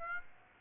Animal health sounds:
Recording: mosquito wingbeat signal from an infrared sensor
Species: Aedes aegypti

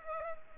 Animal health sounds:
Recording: mosquito wingbeat signal from an infrared sensor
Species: Culex pipiens

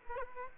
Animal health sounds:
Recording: mosquito wingbeat signal from an infrared sensor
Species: Aedes aegypti

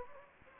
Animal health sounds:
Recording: mosquito wingbeat signal from an infrared sensor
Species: Anopheles gambiae

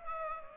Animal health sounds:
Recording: mosquito wingbeat signal from an infrared sensor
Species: Culex pipiens

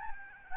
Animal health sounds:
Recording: mosquito wingbeat signal from an infrared sensor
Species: Aedes albopictus

